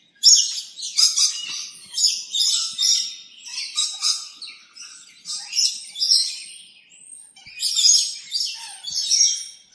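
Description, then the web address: Bird making repeated raspy, buzzy chattering bursts about every second, with brief gaps in between. Recorded in Arizona. "az brid sounds"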